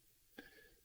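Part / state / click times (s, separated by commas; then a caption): motorcycle top box onto monolock rear rack plate / seated / 0.4 s. A 37 litre GIVI Blade motorcycle top box, hooked onto the two rear cams of its monolock plate, is pushed down onto the rear rack until its latch snaps into place. After a quiet start, a sharp click is heard at 0.4 s, followed by a short ringing tail. The top box is seated and locked onto the rack.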